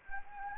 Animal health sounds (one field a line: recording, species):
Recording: mosquito wingbeat signal from an infrared sensor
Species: Anopheles gambiae